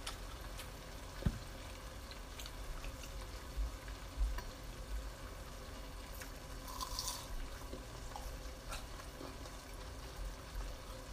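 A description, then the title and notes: Fried Oreos and funnel sticks sizzle in oil with a steady, dense crackle that holds level across the whole stretch. Small pops and clicks break through now and then, with a sharp tap near the one-second mark and a brighter hiss around seven seconds. First time cooking A S M R. Fried Oreos and funnel sticks ASMR style.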